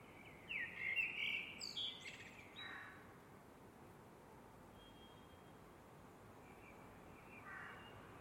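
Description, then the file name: Eurasian blackbird delivering one mellow, looping fluted phrase that closes with high, scratchy twitters, followed by near quiet with a few faint notes. "MERLES"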